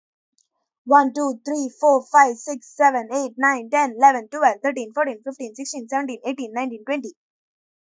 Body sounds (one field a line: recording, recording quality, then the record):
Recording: counting at a fast pace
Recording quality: excellent, no background noise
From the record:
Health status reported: healthy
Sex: female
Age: 20 years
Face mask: not worn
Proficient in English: yes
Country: India